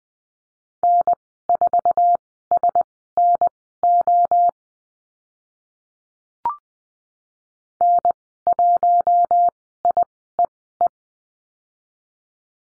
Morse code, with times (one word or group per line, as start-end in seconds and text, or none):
0.8-4.5 N4SNO
7.8-10.9 N1IEE